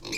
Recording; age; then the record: pig call; weaner (32 to 43 days)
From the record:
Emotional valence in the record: negative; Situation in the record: short isolation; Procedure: open field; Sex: female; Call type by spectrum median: high-frequency call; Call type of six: mixed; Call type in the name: high-frequency modulated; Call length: 0.18 s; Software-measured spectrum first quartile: 1396 Hz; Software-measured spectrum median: 2713 Hz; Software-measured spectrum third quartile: 5019 Hz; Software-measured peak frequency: 2418 Hz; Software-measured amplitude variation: 129 dB a second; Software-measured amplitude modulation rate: 24.6 a second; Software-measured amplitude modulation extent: 5.2 dB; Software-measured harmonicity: 5.0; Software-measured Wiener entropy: -2.40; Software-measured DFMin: 1188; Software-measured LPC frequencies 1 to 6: 2411, 3714, 4241, 4913, 5401, 6233 Hz